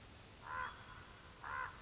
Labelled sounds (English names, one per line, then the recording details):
Common Raven
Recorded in Sonoma County, California